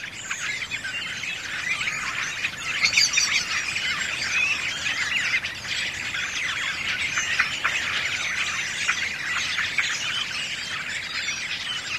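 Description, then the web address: Redwing song as a steady, busy twitter of high chirps and squeaks running without a break throughout. "Bird Song Site Redwing - Mauvis"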